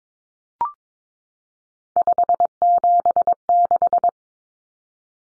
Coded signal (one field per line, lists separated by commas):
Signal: Morse code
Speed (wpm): 22 wpm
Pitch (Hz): 700 Hz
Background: none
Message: 576